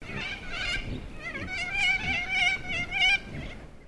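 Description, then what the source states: Sulphur-crested cockatoos calling together, overlapping harsh, wavering, harmonic screeches that swell and fade several times over a few seconds. A flock calling.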